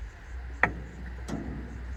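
A new ignition wire boot is pushed onto a spark plug on a small-block Chevy and seats with a sharp, loud click at 0.6 s. A fainter tap follows at 1.3 s over a low steady hum. The boot is confirmed seated on the plug.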